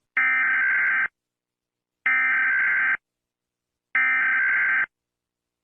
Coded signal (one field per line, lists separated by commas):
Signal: Emergency Alert System (SAME) tones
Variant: header bursts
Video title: PowerPlay rates EAS alarms from around the world (again)